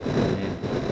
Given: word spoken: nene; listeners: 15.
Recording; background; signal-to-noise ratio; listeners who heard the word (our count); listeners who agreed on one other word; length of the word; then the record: one Spanish word in noise, from a listening test; noise modulated by three-talker babble; -7.9 dB; 0 of 15; 7 of 15; 0.52 s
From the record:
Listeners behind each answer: 7, 1, 1, 1, 1, 1, 1, 1, 1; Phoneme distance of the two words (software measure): 34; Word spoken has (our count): 2 syllables, 4 phonemes, stress on syllable 1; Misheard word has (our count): 3 syllables, 6 phonemes, stress on syllable 2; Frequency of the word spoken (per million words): 3.10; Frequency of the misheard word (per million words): 199.17